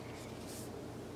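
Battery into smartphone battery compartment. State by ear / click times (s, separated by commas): not seated / none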